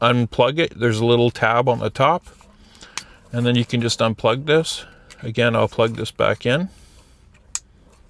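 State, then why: Seated. A plastic harness connector is unplugged from a vehicle connector using the little tab on its top, then plugged back in while someone talks. After the talking stops, the connector seats with a sharp little click at 7.5 seconds.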